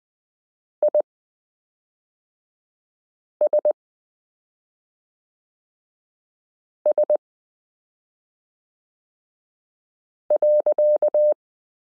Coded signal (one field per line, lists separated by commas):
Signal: Morse code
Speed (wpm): 20 wpm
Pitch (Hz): 600 Hz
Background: none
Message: ISS.